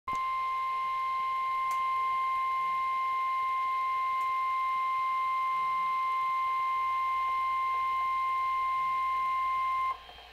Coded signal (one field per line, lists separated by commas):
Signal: Emergency Alert System (SAME) tones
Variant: 1050 Hz attention tone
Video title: Required Weekly Test (EAS #17)